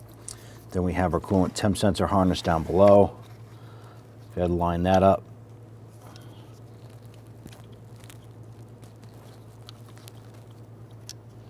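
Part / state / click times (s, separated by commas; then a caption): harness connector onto coolant temperature sensor / not seated / none. A plastic harness connector is lined up with the coolant temperature sensor on a 1999-2004 Jeep Grand Cherokee 4.7L V8 during intake manifold replacement. Someone talks for the first five seconds, then only faint handling sounds follow, with small sharp ticks at about 0.3, 9.7, 10.1 and 11.1 seconds. Nothing has seated or clicked yet; the clip ends just before the connector is pushed home.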